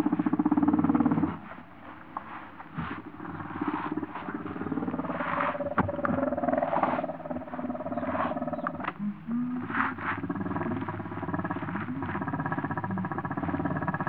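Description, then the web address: Warthog growls: a loud snarl at the start, then continuous rough, throaty grunting and growling. Warthogs in Africa, recorded close up, growling and snarling. "BBC Sound Effects Library. Africa. Wart Hogs"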